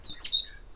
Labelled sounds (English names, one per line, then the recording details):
Stitchbird song
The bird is a male
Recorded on Tiritiri Matangi Island, New Zealand, in 2005
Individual 17, of nest box 25